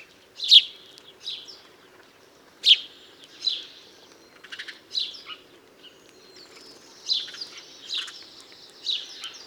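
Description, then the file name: House sparrow chirping, loud cheep notes spaced irregularly with softer chirps between, quiet background. "Passer domesticus"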